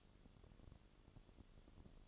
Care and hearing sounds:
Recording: daily activity, microphone in the room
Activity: take from stove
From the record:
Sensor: 4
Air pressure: 1008.8 hPa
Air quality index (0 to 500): 127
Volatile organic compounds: 1 ppm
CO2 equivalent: 930 ppm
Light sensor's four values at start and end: 10/23/9/8 and 10/23/9/8

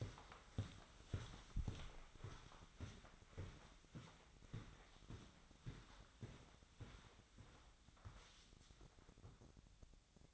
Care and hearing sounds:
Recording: daily activity, microphone in the room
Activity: walk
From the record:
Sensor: 3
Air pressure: 1009.3 hPa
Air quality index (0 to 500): 193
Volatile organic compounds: 4 ppm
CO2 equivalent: 1558 ppm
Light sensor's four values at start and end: 58/149/65/68 and 58/148/65/68

